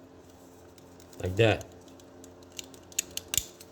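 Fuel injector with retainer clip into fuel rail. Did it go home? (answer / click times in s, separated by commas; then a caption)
yes / 3.0 s, 3.4 s. Someone talks as a fuel injector with a retainer clip is slid into the fuel rail of a Nissan Sentra and locked into place with the tab. Several sharp snapping clicks follow, with the injector clicking home at 3.0 s and 3.4 s. It is seated, the third injector done.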